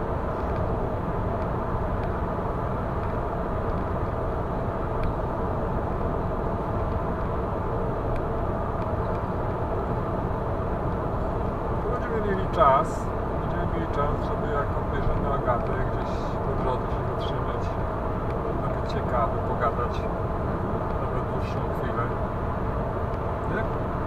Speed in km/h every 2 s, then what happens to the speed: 110, 110, 110, 110, 110, 110, 110, 111, 111, 111, 111, 111.
0-24 steady at about 110.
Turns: none.